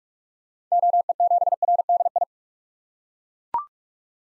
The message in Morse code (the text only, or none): OE7RDI